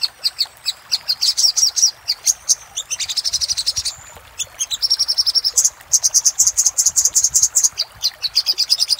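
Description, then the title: Little spiderhunter song: long sequences of sharp, high notes, some runs fast and trilled, others slower, with brief breaks between phrases. Song used for training cage birds; song style named Labaik. "Masteran Burung Sogok Ontong Labaik"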